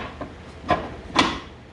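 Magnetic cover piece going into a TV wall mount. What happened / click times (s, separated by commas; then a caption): The magnetic cover clunked into place / 0.7 s, 1.2 s. A magnetic cover piece is pushed into the lower spot of a Kanto Professional Series TV wall mount, used for a 55-inch Samsung Terrace outdoor TV and soundbar, where magnets hold it without screws. Two sharp knocks are heard at 0.7 s and 1.2 s as it clicks into place, and it is seated.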